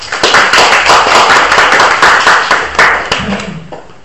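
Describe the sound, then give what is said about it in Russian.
A burst of hand clapping as self-praise during a group exercise, quick dense claps from a group that keep a steady rhythm for several seconds and then thin out and fade toward the end. “И аплодисменты.”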